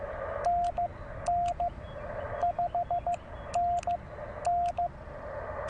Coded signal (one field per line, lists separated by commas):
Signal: Morse code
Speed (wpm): 13 wpm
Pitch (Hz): 690 Hz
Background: radio noise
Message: NN 5NN